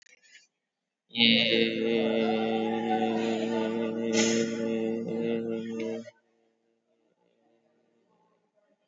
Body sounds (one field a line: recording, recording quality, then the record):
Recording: sustained vowel as in made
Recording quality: excellent, no background noise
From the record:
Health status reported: COVID-19 positive, mild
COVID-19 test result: positive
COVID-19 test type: RT-PCR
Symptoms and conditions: cough, cold, sore throat, fatigue, muscle pain, loss of smell and taste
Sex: male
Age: 26 years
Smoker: no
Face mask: worn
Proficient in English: yes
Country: India